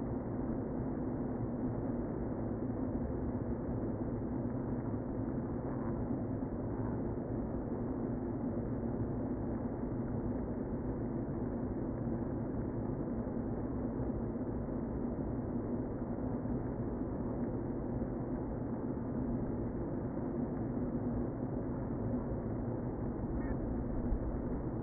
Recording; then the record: honeybee colony, microphone inside the hive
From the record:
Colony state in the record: queen present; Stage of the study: before two queens were removed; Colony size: about 60,000 bees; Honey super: yes